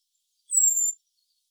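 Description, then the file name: Common blackbird call, one long thin whistle, very high and slowly dropping in pitch, with faint scattered quiet notes around it. "Turdus merula"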